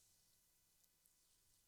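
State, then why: Not seated. A wiring plug connector that joins the heater/light cable to its mating connector in the sauna wall is handled just before being pushed together. Only faint handling noise and a couple of tiny ticks near 0.8 and 1.1 seconds are heard over a quiet background. Nothing has seated or clicked yet.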